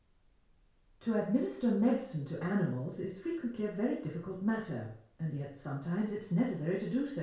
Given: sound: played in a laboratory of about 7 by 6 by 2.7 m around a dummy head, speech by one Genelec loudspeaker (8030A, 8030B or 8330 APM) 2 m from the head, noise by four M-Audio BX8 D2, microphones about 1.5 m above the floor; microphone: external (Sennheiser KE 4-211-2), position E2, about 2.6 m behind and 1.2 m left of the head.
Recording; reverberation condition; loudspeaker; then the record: female speech in English; medium; behind (180 degrees)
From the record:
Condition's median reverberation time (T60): about 510 ms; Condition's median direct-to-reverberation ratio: about -0.5 dB